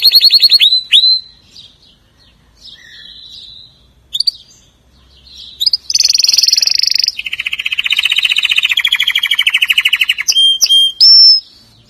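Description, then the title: Atlantic canary song: a quick high trill, a soft pause with quiet twitters, then long rolling buzzy trills that drop in pitch and end in a few sharp notes. "Kenari"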